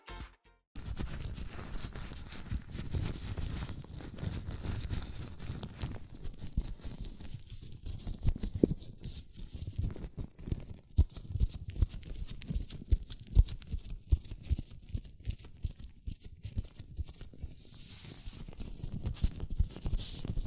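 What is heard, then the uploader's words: Latex gloves crinkle and squeak as hands rub and flex, a dense, continuous rustling with frequent sharp snaps and a brighter stretch near the end. ASMR Latex Gloves Hand Sounds (No Talking).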